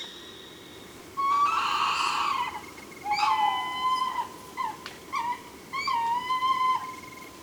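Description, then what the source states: Tawny owl with harsh, wavering, upward-bending calls in quick succession, some loud and drawn out, others short and clipped. Several owls recorded at Chanéac, Ardèche.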